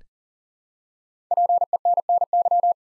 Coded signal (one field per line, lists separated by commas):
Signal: Morse code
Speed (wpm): 40 wpm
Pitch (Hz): 700 Hz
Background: none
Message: PENNY